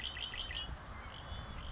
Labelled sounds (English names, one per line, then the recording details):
Red-winged Blackbird
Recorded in Sonoma County, California